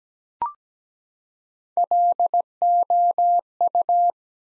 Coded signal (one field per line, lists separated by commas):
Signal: Morse code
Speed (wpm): 17 wpm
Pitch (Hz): 700 Hz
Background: none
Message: LOU